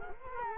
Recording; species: mosquito wingbeat signal from an infrared sensor; Culex quinquefasciatus